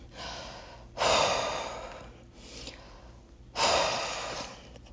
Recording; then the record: deep breathing after running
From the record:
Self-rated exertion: moderate exertion (3 of 6); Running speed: 7 miles an hour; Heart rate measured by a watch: 72 beats a minute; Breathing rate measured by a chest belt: 19 breaths a minute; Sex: female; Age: 24 years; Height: 163 cm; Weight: 52 kg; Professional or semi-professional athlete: no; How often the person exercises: 1 to 2 times a week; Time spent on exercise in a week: under 1 hour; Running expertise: no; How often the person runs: 1 to 2 times a week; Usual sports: interval training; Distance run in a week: 5 km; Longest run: 3 km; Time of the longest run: 30 minutes